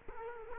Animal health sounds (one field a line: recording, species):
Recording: mosquito wingbeat signal from an infrared sensor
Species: Culex quinquefasciatus